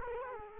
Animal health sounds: mosquito wingbeat signal from an infrared sensor; Culex quinquefasciatus

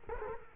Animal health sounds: mosquito wingbeat signal from an infrared sensor; Culex quinquefasciatus

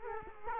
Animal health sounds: mosquito wingbeat signal from an infrared sensor; Culex quinquefasciatus

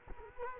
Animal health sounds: mosquito wingbeat signal from an infrared sensor; Culex quinquefasciatus

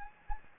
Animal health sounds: mosquito wingbeat signal from an infrared sensor; Anopheles gambiae

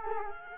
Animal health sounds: mosquito wingbeat signal from an infrared sensor; Culex quinquefasciatus

